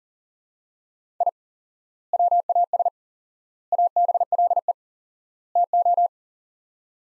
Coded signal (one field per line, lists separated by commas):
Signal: Morse code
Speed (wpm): 40 wpm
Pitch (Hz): 700 Hz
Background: none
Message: I WAS ABLE TO